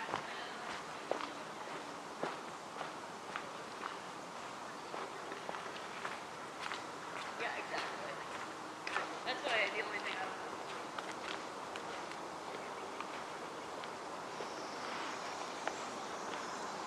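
Steady outdoor hiss in Forest Park, Portland, with scattered crunchy footsteps, faint voices, and a brief high rushing sound near the end.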